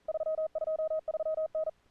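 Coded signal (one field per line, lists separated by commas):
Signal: Morse code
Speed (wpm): 39 wpm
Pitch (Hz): 1260 Hz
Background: none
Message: 323N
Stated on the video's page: CWops CWT contest session on 40 meters, band in great shape.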